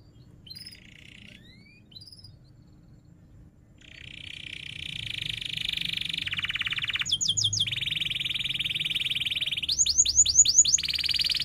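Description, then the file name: Canary song: a few sparse chirps, then sustained rapid trills from about four seconds, with bursts of sharp repeated whistled notes; steady low background hum. Singing in full voice style described as cuit-cuit ngerol tajam: sharp chirping and rolling. "Suara Kenari Gacor Cuit Cuit Ngerol Tajam"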